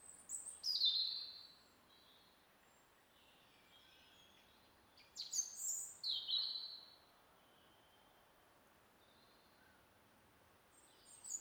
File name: Erithacus rubecula